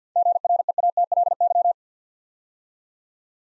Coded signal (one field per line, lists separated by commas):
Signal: Morse code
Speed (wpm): 53 wpm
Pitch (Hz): 700 Hz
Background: none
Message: GREATLY